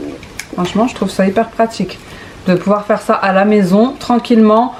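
A plastic detangling attachment is pushed onto the nozzle of a pet-grooming vacuum and snaps into place, fitting on easily, with a sharp short click at 0.4 s. Someone talks over the rest of the clip.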